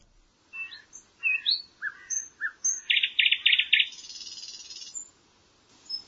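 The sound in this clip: Bird calls: varied short whistled and slurred notes, then a quick run of rapid clicking trill notes and a sustained high buzzy hiss, ending in a brief final note.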